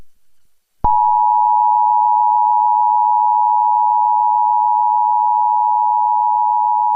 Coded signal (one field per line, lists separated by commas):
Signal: Emergency Alert System (SAME) tones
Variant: 853 and 960 Hz attention tone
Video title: EAS Reenactment Mock: 2006 Tornado Warning for Laredo, TX with Live Voice